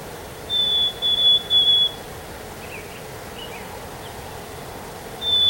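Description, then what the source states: Bird whistling a run of three level, piercing high notes, followed by soft chirps, then the whistle starting again near the end. 3 May 2023.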